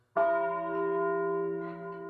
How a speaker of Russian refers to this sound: В наступившей тишине ударил колокол в Кардегарде, тоскливым звоном возгласив полночь.